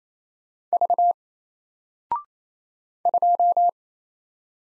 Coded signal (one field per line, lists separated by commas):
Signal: Morse code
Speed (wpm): 27 wpm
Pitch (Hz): 700 Hz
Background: none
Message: V 2